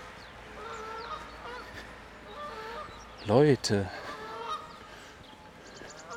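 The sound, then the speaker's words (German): A short burst of loud, harsh honking from geese defending a brooding goose nesting on a jetty breaks out midway. Two or three raspy calls come in quick succession over a steady background murmur, with a voice briefly speaking. “Aber wenn jemand auf die Brütende zusteuert, tja, dann gibt das hier schon mal Ärger.”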